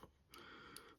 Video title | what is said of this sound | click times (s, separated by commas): Transformers G1 Bumblebee (and comparison with Red Variant) (1985) | and snaps up into place and snaps back into place with quite some Force as well makes that weird | 0.8 s